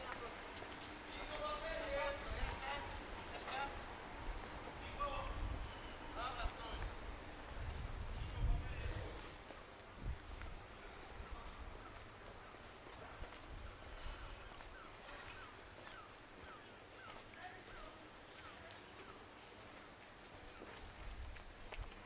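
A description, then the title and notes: An outdoor soundwalk with people talking, voices rising and falling through the first half. Low rumbles and thuds swell around eight to nine seconds, then the scene settles into quieter murmur with scattered footsteps, light clatter and faint chirping calls. Soundwalk in Margate. Recorded with handheld Sony PCM-A10.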